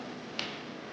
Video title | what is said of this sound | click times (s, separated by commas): JOYWAY 20'' Electric Bike 750w Motor Review2024 Everything You Need To Know Before You Buy This Bike | bring the bike together, close it up, you'll hear it snap just like that. | 0.4 s